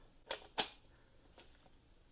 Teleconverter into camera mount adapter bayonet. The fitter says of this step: turn it counterclockwise, you hear a snap, it's lined up.